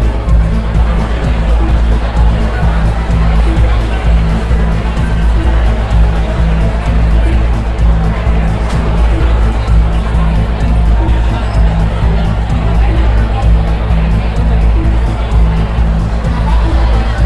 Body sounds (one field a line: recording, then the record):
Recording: background sound without coughing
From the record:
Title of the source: Party Noise 1 Hour Party Ambience